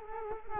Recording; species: mosquito wingbeat signal from an infrared sensor; Culex quinquefasciatus